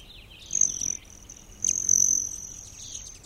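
Hummingbird calls, a high, steady squeaky whine held for most, cut by a few quick clicks.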